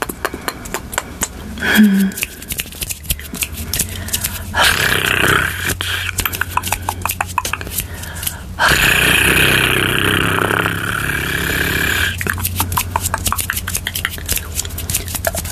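Crisp hand tapping and clicking, with dense bursts of rustling from about 4.5 to 6 and 8.5 to 12 seconds.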